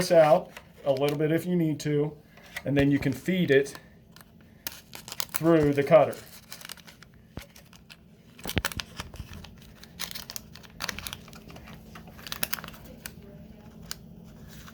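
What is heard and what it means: Someone talks while label paper is fed through the cutter of an Omnicell label printer, with paper crinkling and handling of the printer's cutter and print mechanism. Sharp taps and knocks follow around 4.2–5.1 s, 8.6 s and 12.4–12.5 s. Nothing has seated or clicked yet; the mechanism has not snapped back into the printer body.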